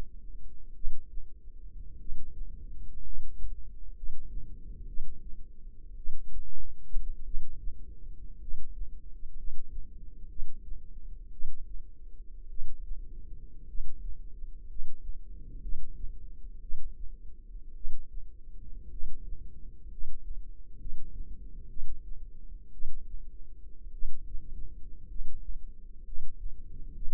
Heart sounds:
heart sounds by microphone in the left ear; 57 bpm
0.74 s: heartbeat
1.98 s: heartbeat
3.02 s: heartbeat
3.94 s: heartbeat
4.86 s: heartbeat
5.96 s: heartbeat
7.24 s: heartbeat
8.39 s: heartbeat
9.35 s: heartbeat
10.28 s: heartbeat
11.31 s: heartbeat
12.48 s: heartbeat
13.66 s: heartbeat
14.67 s: heartbeat
15.60 s: heartbeat
16.60 s: heartbeat
17.74 s: heartbeat
18.89 s: heartbeat
19.89 s: heartbeat
20.78 s: heartbeat
21.68 s: heartbeat
22.71 s: heartbeat
23.91 s: heartbeat
25.07 s: heartbeat
26.04 s: heartbeat
26.94 s: heartbeat
From the record:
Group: healthy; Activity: rest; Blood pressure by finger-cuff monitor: 150/69 mmHg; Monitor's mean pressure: 92 mmHg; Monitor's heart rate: 57 bpm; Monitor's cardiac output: 6 L/min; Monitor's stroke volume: 104 mL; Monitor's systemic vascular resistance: 1130 dyn s/cm5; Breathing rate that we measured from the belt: 11 breaths a minute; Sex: male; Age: 25 years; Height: 170 cm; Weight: 70.4 kg

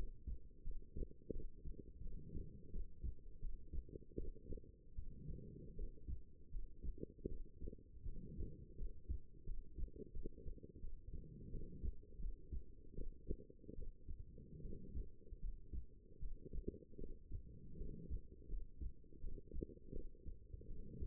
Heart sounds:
heart sounds by stethoscope; 81 bpm
0.62 s: heartbeat
1.31 s: heartbeat
2.01 s: heartbeat
2.70 s: heartbeat
3.39 s: heartbeat
4.15 s: heartbeat
4.93 s: heartbeat
5.74 s: heartbeat
6.49 s: heartbeat
7.27 s: heartbeat
8.03 s: heartbeat
8.75 s: heartbeat
9.44 s: heartbeat
10.11 s: heartbeat
10.79 s: heartbeat
11.49 s: heartbeat
12.19 s: heartbeat
12.94 s: heartbeat
13.74 s: heartbeat
14.60 s: heartbeat
15.39 s: heartbeat
16.18 s: heartbeat
16.97 s: heartbeat
17.76 s: heartbeat
18.47 s: heartbeat
19.19 s: heartbeat
19.91 s: heartbeat
20.66 s: heartbeat
From the record:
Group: healthy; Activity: rest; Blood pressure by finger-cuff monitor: 117/87 mmHg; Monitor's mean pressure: 100 mmHg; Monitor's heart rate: 79 bpm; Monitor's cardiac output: 6.3 L/min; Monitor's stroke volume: 78 mL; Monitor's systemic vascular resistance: 1180 dyn s/cm5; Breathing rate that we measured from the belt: 20 breaths a minute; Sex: female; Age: 23 years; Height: 160 cm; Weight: 50.4 kg

